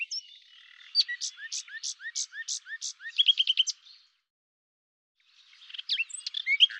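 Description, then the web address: Common nightingale singing a row of sharp downslurred notes, then a quick rattling trill, a short silence and further varied chirps. "cianscape birddata Deverinetal 2025 Bird Lu Me"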